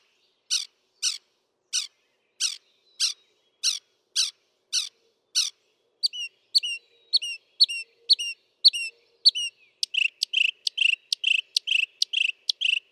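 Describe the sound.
Northern mockingbird song, evenly spaced harsh notes about twice a second, then a change to chirps, then faster clear notes.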